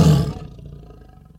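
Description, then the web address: Tiger growl: a deep rough burst that quickly fades into a low rumbling breath. Low growls and breaths. "animal tiger low growls and breaths"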